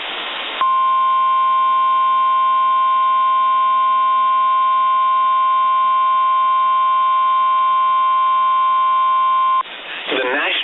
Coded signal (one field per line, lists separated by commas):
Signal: Emergency Alert System (SAME) tones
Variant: 1050 Hz attention tone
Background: speech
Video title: Severe Thunderstorm Warning (NV and CA) (8/23/25) [EAS #289]